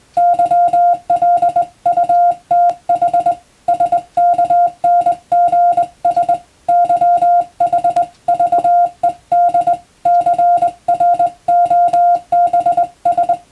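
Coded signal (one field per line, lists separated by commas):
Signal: Morse code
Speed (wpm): 21 wpm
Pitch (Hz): 700 Hz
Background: music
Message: YLUTH SKNGS YH VED CROBS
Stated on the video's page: Morse code receiving practice for radiotelegraph operator exam and amateur radio, using European-language telegram practice texts.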